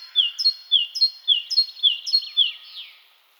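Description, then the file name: Great tit giving a short run of ringing two-note phrases, five or six repeats, ending with a softer blurred note. "Parus major"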